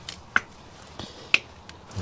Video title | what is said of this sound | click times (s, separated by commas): I MADE LOTS OF MISTAKES LOWERING MY BMW E90 | Okay. Nice satisfying popping sound as that pops into place. | 0.4 s, 1.3 s